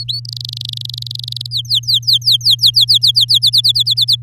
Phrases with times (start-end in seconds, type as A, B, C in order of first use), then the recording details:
0.00-0.20 A, 0.25-1.47 B, 1.51-3.39 C, 3.42-4.16 D. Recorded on 9 May 2018 at 06:12. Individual llb16